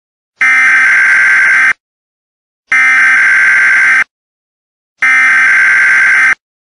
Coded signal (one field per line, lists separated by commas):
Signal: Emergency Alert System (SAME) tones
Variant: header bursts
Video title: 911 Telephone Outage Emergency for Rutland County (EAS Mock #3)